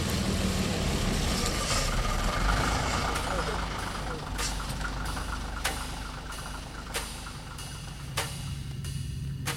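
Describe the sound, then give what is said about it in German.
A bus engine idles with a steady, heavy low rumble and broad hiss, while short sharp clacks break through every second or so toward the end. “Der Bus.”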